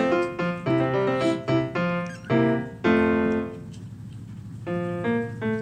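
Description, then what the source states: Domestic cat: kittens meowing in many short, separate bursts of varied pitch, with brief quiet gaps between them. Several new kittens playing together; one of them is to be adopted.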